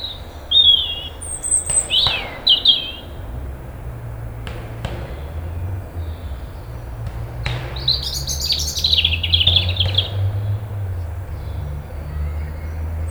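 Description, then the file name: European robin song: two bursts of high, thin, warbling phrases with quick rising and falling notes, separated by a pause of several seconds, over a steady low rumble. "Erithacus rubecula"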